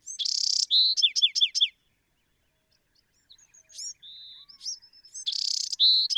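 Bewick's wren: a harsh buzz leading into several quick downslurred notes, a pause with faint thin calls and a whistled tone, then another buzzy song begins.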